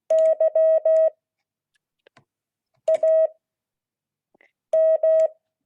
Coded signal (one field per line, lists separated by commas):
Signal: Morse code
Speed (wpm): 16 wpm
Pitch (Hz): 640 Hz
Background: none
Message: YAM